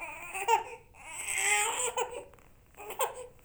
Baby Cry.